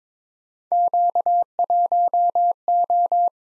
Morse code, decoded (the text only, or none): Q1O